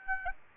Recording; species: mosquito wingbeat signal from an infrared sensor; Aedes aegypti